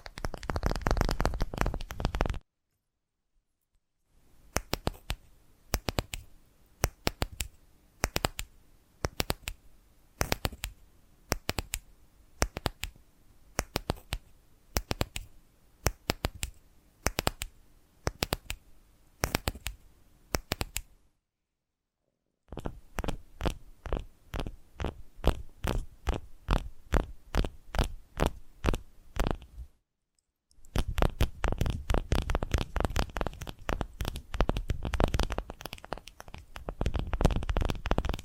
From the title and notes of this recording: ASMR Magic Trigger Potion Shop Invisible Tapping, Scratching, Tracing (No Talking).